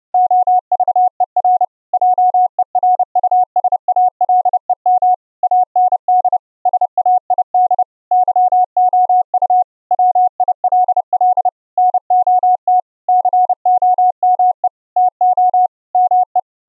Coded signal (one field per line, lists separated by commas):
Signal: Morse code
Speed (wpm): 29 wpm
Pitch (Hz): 730 Hz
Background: none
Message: OVER JERUSALEM AND SAID YOU WILL NOT COME TO ME